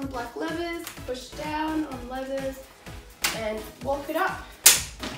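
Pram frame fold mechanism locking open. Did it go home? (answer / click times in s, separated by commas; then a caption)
yes / 4.7 s. A Baby Bee Rover pram's folded frame is unfolded: someone talks while the grey button is pressed, the black levers are pushed down, and the frame is walked up. At 4.7 s the frame snaps open and locks into place with a loud, sharp click, followed by a softer knock.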